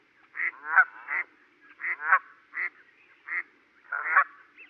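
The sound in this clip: Goose-like honks in quick pairs and singles, some short and flat, others harsher and rasping, over a quiet background.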